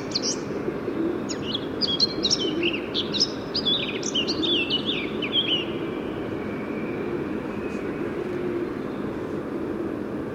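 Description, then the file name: Eurasian blackcap singing a long, hurried warble of scratchy and fluty notes lasting about six seconds, set against continuous low rumbling noise. "Sylvia atricapilla"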